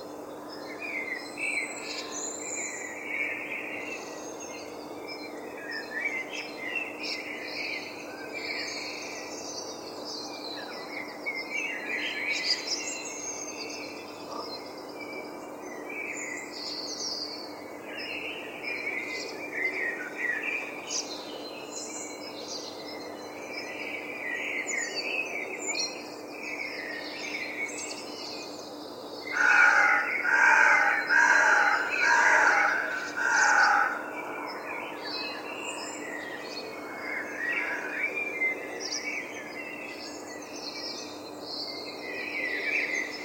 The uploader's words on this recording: The enchanting dawn chorus of birds. London Dawn Chorus.